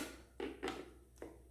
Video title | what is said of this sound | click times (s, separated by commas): Bissell Powerlifter ION Pet stick Vacuum Review | and then tilting it forward and it snaps into place | 1.2 s